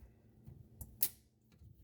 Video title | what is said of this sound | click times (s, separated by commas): Moen kitchen faucet repair | pushing that clip in there it comes with a nice satisfying click | 1.0 s